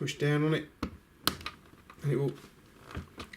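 The cut end of a TECKIN SL01 flexible RGB LED light strip is inserted into a plastic solderless snap-on joining connector, and its lid is pushed down until it clicks shut into place at 1.3 s, seating the connection. Someone talks before and after the sharp click, and a few faint ticks and rustles follow.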